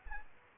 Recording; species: mosquito wingbeat signal from an infrared sensor; Aedes aegypti